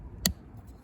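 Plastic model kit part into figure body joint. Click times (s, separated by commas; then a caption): 0.3 s. A snap-fit plastic part in the leg/foot area of a Blokees Transformers Bonecrusher Galaxy Version Wave 3 model kit figure is pushed into its body joint. A single sharp, bright plastic click sounds at 0.3 s against faint low background noise. The click shows the part has gone fully home and is seated.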